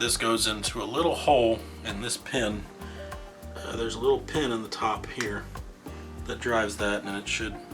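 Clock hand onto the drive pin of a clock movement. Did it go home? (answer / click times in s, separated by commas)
no / none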